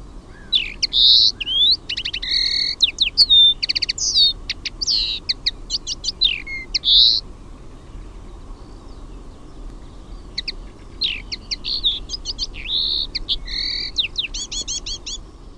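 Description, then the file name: Common linnet twittering in two long bursts of rapid chirps, trills and nasal whistles separated by a quiet gap. "HEMPPO"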